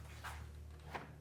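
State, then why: Not seated. The plastic disc tray and carousel assembly of a vintage Yamaha CDC-625 5-disc CD changer is gently pushed back toward the chassis after a new drive belt, replacing a broken one, and the ribbon cable have been fitted. Two soft scuffing sounds of handling, near 0.3 s and 1.0 s, rise over a steady low hum. Nothing has seated or clicked into place yet.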